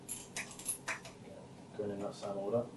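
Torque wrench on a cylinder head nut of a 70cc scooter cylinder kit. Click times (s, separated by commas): 0.4 s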